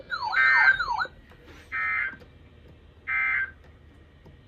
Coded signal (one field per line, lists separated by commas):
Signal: Emergency Alert System (SAME) tones